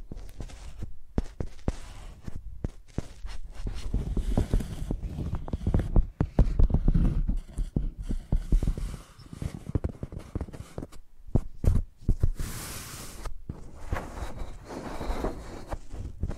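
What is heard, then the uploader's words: Microphones used like pencils make a dense run of quick, irregular taps and scratches with dull low thumps underneath, heaviest between about four and eight seconds. Near the thirteen-second mark a brief hissy scrape cuts in, then lighter scratching continues. Using Mics as Pencils (No Talking).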